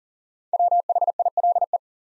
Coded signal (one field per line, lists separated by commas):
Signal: Morse code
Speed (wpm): 39 wpm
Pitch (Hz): 700 Hz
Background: none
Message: WHILE